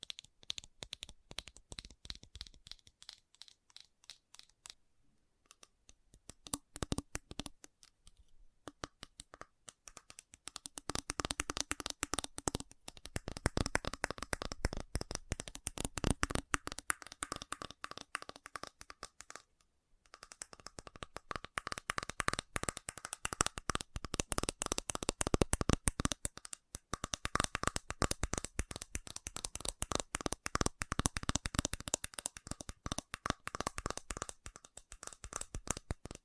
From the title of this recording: ASMR Fast Tapping